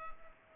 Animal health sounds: mosquito wingbeat signal from an infrared sensor; Culex pipiens

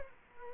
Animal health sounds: mosquito wingbeat signal from an infrared sensor; Culex quinquefasciatus

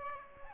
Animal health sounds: mosquito wingbeat signal from an infrared sensor; Aedes aegypti

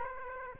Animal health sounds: mosquito wingbeat signal from an infrared sensor; Aedes aegypti

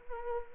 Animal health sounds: mosquito wingbeat signal from an infrared sensor; Anopheles arabiensis

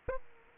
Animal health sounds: mosquito wingbeat signal from an infrared sensor; Aedes aegypti

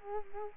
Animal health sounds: mosquito wingbeat signal from an infrared sensor; Culex quinquefasciatus

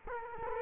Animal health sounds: mosquito wingbeat signal from an infrared sensor; Culex quinquefasciatus

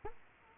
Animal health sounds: mosquito wingbeat signal from an infrared sensor; Culex quinquefasciatus

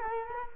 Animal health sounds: mosquito wingbeat signal from an infrared sensor; Culex quinquefasciatus

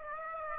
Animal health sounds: mosquito wingbeat signal from an infrared sensor; Aedes aegypti

